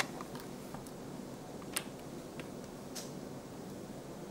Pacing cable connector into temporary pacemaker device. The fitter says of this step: the cables all connect the same way to the device you just want to be sure you always hear that click and then